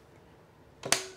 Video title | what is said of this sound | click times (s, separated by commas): PurSteam Therma Pro 211 Steam Mop | lock it into place you can also use it as a handheld steamer | 0.9 s